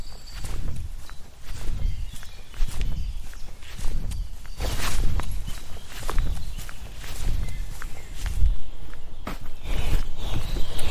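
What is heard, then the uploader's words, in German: A walk in the woods with a dog: irregular footsteps and rustling crunch along at a steady pace, with sharper scuffs and thumps around the fifth and eighth seconds. Low rumbling handling noise runs underneath, and faint bird calls peep now and then. Morgens mit dem Hund raus.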